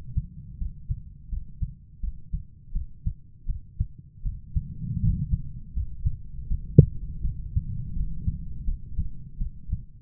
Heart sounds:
heart sounds by stethoscope; 82 bpm
0.57 s: heartbeat
1.29 s: heartbeat
2.00 s: heartbeat
2.72 s: heartbeat
3.46 s: heartbeat
4.22 s: heartbeat
5.00 s: heartbeat
5.73 s: heartbeat
6.47 s: heartbeat
7.21 s: heartbeat
7.93 s: heartbeat
8.64 s: heartbeat
9.38 s: heartbeat
From the record:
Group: healthy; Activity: cold pressor test 0-5 s, rest 5-10 s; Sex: female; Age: 32 years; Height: 172 cm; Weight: 71.7 kg

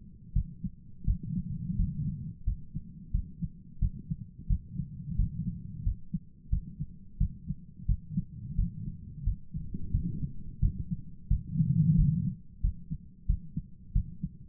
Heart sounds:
heart sounds by stethoscope; 88 bpm
0.33 s: heartbeat
1.04 s: heartbeat
1.76 s: heartbeat
2.44 s: heartbeat
3.11 s: heartbeat
3.79 s: heartbeat
4.47 s: heartbeat
5.16 s: heartbeat
5.83 s: heartbeat
6.49 s: heartbeat
7.17 s: heartbeat
7.86 s: heartbeat
8.55 s: heartbeat
9.24 s: heartbeat
9.91 s: heartbeat
10.59 s: heartbeat
11.27 s: heartbeat
11.95 s: heartbeat
12.61 s: heartbeat
13.26 s: heartbeat
13.92 s: heartbeat
From the record:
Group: healthy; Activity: rest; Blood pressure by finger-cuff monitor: 176/89 mmHg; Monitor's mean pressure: 110 mmHg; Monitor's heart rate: 88 bpm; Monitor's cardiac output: 9 L/min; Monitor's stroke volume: 104 mL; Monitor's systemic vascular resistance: 900 dyn s/cm5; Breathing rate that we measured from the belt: 18 breaths a minute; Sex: male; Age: 57 years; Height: 188 cm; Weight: 106 kg

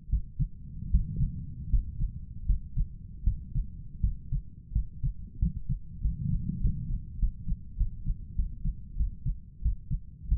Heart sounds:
heart sounds by stethoscope; 88 bpm
0.09 s: heartbeat
0.90 s: heartbeat
1.69 s: heartbeat
2.46 s: heartbeat
3.23 s: heartbeat
4.00 s: heartbeat
4.72 s: heartbeat
5.39 s: heartbeat
6.01 s: heartbeat
6.61 s: heartbeat
7.19 s: heartbeat
7.77 s: heartbeat
8.36 s: heartbeat
8.97 s: heartbeat
9.62 s: heartbeat
10.28 s: heartbeat
From the record:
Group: healthy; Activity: rest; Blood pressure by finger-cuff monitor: 98/55 mmHg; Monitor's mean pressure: 67 mmHg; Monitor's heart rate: 89 bpm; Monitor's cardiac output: 8.2 L/min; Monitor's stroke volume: 93 mL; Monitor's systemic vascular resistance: 620 dyn s/cm5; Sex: male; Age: 23 years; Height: 179 cm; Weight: 87 kg

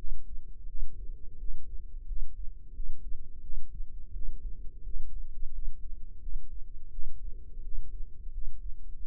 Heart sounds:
heart sounds by microphone in the left ear; 87 bpm
0.66 s: heartbeat
1.37 s: heartbeat
2.05 s: heartbeat
2.72 s: heartbeat
3.40 s: heartbeat
4.12 s: heartbeat
4.82 s: heartbeat
5.51 s: heartbeat
6.19 s: heartbeat
6.89 s: heartbeat
7.61 s: heartbeat
8.30 s: heartbeat
8.97 s: heartbeat
From the record:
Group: healthy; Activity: rest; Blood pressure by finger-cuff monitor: 115/67 mmHg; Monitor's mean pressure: 79 mmHg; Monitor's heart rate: 87 bpm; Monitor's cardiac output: 7.8 L/min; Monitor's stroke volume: 91 mL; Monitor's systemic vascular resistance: 730 dyn s/cm5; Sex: male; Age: 19 years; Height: 178 cm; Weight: 83 kg

